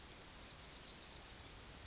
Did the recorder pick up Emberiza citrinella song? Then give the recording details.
yes. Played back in grassland. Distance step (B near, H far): E. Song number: 163